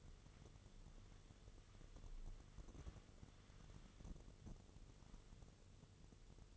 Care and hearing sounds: daily activity, microphone in the room; wipe stove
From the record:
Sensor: 4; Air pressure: 1015.9 hPa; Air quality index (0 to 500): 109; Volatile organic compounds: 2 ppm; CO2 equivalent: 1229 ppm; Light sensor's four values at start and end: 8/19/7/7 and 9/19/7/7

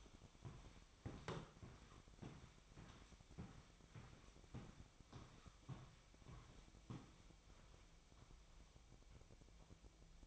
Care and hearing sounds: daily activity, microphone in the room; walk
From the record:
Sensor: 1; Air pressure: 1001.6 hPa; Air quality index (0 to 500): 222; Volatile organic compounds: 30 ppm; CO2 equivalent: 2964 ppm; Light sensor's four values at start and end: 8/29/10/11 and 9/32/11/13

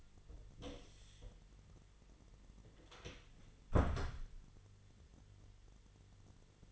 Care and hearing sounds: daily activity, microphone in the room; close door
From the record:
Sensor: 4

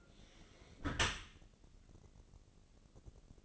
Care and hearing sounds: daily activity, microphone in the room; close dishwasher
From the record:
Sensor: 4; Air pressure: 1013.2 hPa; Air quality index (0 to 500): 170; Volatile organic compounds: 2 ppm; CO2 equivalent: 1074 ppm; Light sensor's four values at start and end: 80/199/83/85 and 80/199/83/85

